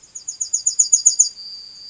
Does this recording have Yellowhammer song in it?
yes